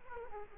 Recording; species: mosquito wingbeat signal from an infrared sensor; Culex quinquefasciatus